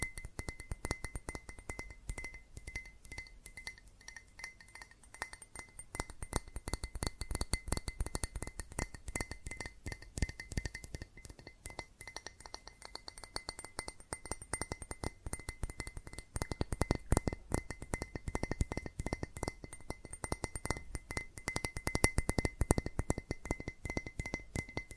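Rapid, dense tapping on glass and ceramic objects, sharp clinks running nonstop for the whole stretch, with a thin steady ringing tone underneath.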